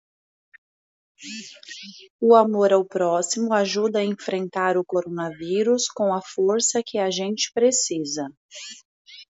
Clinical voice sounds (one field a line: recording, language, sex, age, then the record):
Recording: spoken sentence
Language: Brazilian Portuguese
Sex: female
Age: 30 to 39 years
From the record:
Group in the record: control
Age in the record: 36 years